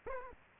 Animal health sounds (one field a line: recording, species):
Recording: mosquito wingbeat signal from an infrared sensor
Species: Aedes aegypti